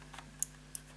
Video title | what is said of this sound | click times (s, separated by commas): How to Setup Mobile Broadband Router ( 4G LTE ) for Beginners | we go it's a little bit fiddly you've got to use your nail but you can hear it just clicking then | 0.4 s, 0.8 s